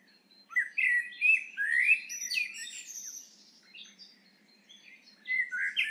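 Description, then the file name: Eurasian blackbird singing a mellow, rich warble of rising and falling notes that breaks into thin, high twitters, then pauses before a short new phrase begins. "Turdus merula"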